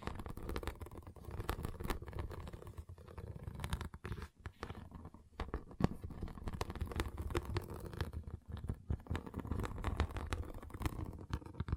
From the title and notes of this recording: ASMR Relaxing Pixel Art Beads ( No Talking).